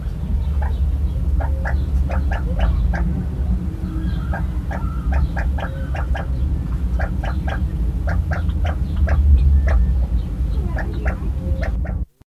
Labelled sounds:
Lady Amherst's Pheasant (Chrysolophus amherstiae) call
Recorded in captivity
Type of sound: call
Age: immature
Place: Zoo Gelsenkirchen, Nordrhein-Westfalen, DE
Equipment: Halbspur, 9,5 cm/s
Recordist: Lütgens, Hans
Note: 5-wöchige

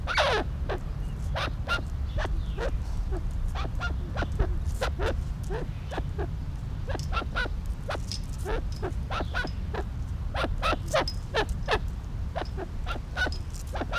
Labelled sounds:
Arabian Partridge (Alectoris melanocephala) call
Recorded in captivity
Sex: pair
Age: adult
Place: Tierpark Berlin, Berlin, DE
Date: 1994-06-18 11:49
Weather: bedeckt, 12-15°C, dann Regen
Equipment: Marantz CP 430, Sennheiser ME 80, Kopie Uher Variocord 263
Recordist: Tembrock, Günter

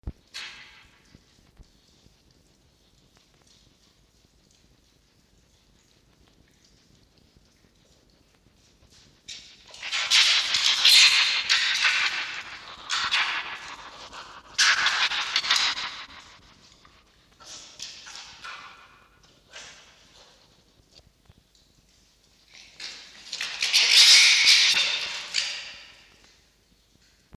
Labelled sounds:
Red Fox (Vulpes vulpes)
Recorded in captivity
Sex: female
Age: juvenile
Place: Zoologisches Institut der HUB, Berlin, DE
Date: 1953-06-22 18:15
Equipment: Elmetra
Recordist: Tembrock, Günter
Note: Fanny: (Futterverteidigung): Stoßkeckern

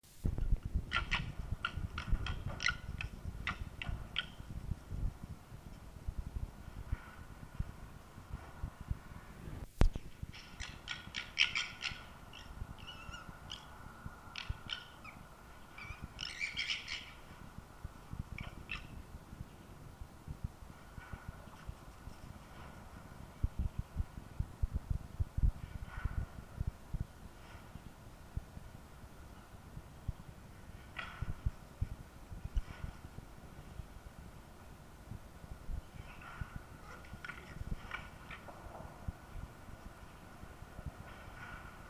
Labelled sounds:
Corsac Fox (Vulpes corsac)
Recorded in captivity
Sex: male
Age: adult
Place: Zoologisches Institut der HUB, Berlin, DE
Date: 1968-12-31 11:11
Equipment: Uher 4000 Report Monitor, GDM 121
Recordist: Tembrock, Günter

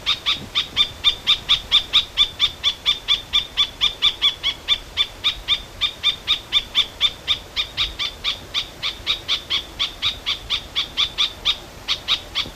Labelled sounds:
Red-backed Shrike (Lanius collurio) call
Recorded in the wild
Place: Elnhausen, DE
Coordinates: 50.8156, 8.6825
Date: 1964-08-25
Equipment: Uher Report 4000, AKG D190
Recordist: Krey, Winfried
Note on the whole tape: Rufe

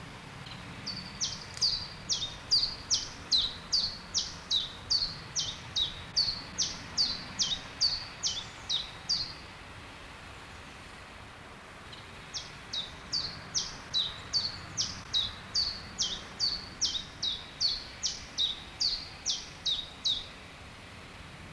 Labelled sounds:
Common Chiffchaff (Phylloscopus collybita)
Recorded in the wild
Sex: male
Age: adult
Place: Treuchtlingen, Naturpark Altmühltal, Bayern, DE
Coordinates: 48.96, 10.91
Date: 1993-09-21 11:25
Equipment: Marantz CP 430, Sennheiser MKH 416 T, Kopie Uher Variocord 263
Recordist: Tembrock, Günter

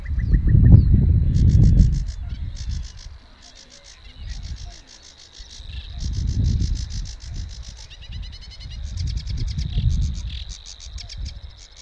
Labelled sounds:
Sedge Warbler (Acrocephalus schoenobaenus) song
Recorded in the wild
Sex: male
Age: adult
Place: Warsow, Kummerower See, Mecklenburg-Vorpommern, DE
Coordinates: 53.8375, 12.8344
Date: 2012-05-24 06:10
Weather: 8°C, sunny, weak winds from NE
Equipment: Sound Devices 702, Sennheiser MKH 70, Rycote Windschutz
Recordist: Frommolt, Karl-Heinz
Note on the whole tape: Polder Große Rosin bei Warsow: Gesang von zwei Schilfrohrsängern in einem ausgedehnten Seggenbestand. Parallel dazu erfolgte Vierkanalaufzeichnung. Entfernung 10 m. Zum Teil starke Windgeräusche

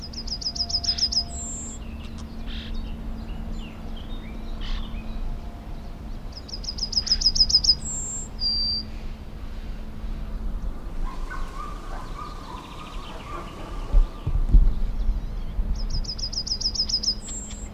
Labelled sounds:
Yellowhammer (Emberiza citrinella)
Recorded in the wild
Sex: male
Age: adult
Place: Runding, Bayrischer Wald, Bayern, DE
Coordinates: 49.2156, 12.7822
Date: 2004-06-30
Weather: heiter, 15°C, schwacher bis mäßiger Wind
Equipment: Tascam DA-P1, Sennheiser MKH 70, Windkorb
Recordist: Frommolt, Karl-Heinz

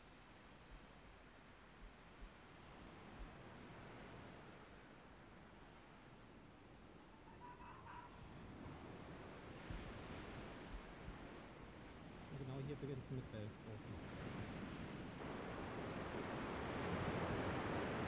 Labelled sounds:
Arctic Fox (Vulpes lagopus) call
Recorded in the wild
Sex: female
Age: adult
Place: Insel Mednyi, Kommandeur-Inseln, RU
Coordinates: 54.5167, 168.083
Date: 1999-07-29 17:05
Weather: bedeckt, windstill, 10°C
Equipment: Sony WM-D6C, Sennheiser MKH 70, Windkorb, Kopie Tascam DA 30
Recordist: Frommolt, Karl-Heinz

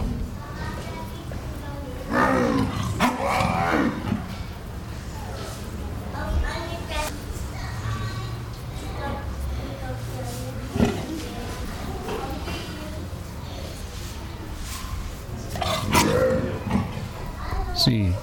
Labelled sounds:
Leopard (Panthera pardus)
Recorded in captivity
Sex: pair
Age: adult
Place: Tiergarten Wilhelma/Stuttgart, Baden-Württemberg, DE
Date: 1996-09-18 16:05
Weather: bedeckt, 14°C, teils böiger Wind
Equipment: Sony MD-WM MZ-R3, Sennheiser ME 80, Kopie Uher 4000 Report Monitor
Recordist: Tembrock, Günter

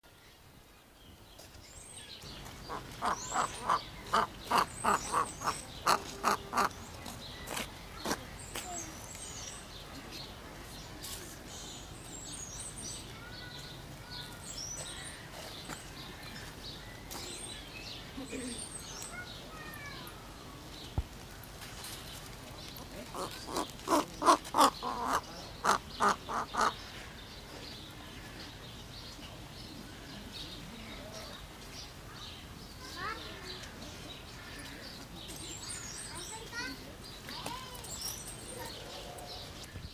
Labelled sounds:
Whistling Heron (Syrigma sibilatrix) call
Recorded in captivity
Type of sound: call
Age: adult
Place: Zoo Berlin, Berlin, DE
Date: 1997-10-18 12:17
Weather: sonnig, 12-15°C
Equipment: Nagra SN, Kopie Uher 4000 Report Monitor
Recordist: Tembrock, Günter

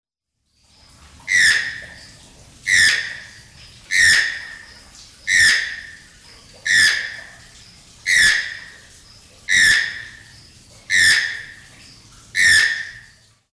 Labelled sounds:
Channel-billed Toucan (Ramphastos vitellinus)
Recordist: Tembrock, Günter
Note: Rufreihe

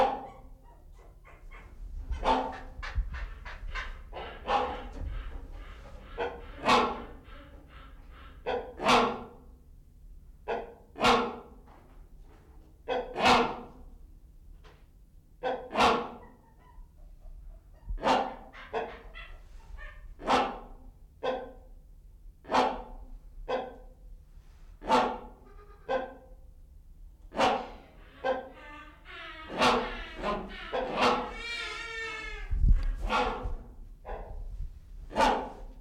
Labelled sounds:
Great Hornbill (Buceros bicornis)
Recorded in captivity
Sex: male
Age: adult
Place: Zoo Berlin, Berlin, DE
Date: 1995-01-14 11:11
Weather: heiter bis wolkig, -1°C
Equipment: Marantz CP 430, Sennheiser ME 80, Kopie Uher Variocord 263
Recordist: Tembrock, Günter

